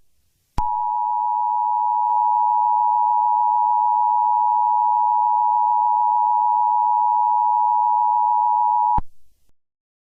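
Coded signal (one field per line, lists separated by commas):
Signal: Emergency Alert System (SAME) tones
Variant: 853 and 960 Hz attention tone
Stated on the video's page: Fictional EAS scenario, preview version.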